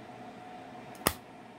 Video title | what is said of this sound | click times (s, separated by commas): RARE STEVENS 5000 Dog Engraved 20 gauge Double Barrel Shotgun | how that just snaps into place solid no movement | 1.1 s